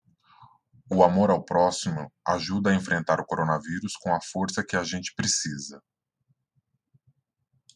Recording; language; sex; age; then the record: spoken sentence; Brazilian Portuguese; male; 30 to 39 years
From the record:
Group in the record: control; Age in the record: 35 years